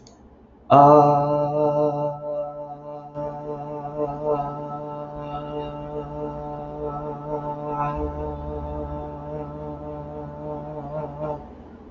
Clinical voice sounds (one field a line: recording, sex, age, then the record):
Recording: vowel held as long as possible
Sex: male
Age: 20 to 29 years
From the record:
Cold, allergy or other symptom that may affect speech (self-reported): no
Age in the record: 29 years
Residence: Virginia, United States